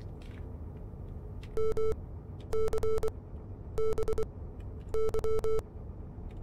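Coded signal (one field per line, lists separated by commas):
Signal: Morse code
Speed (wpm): 23 wpm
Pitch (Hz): 440 Hz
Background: none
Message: MCBY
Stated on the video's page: Morse in the game Wolfpack's radio room.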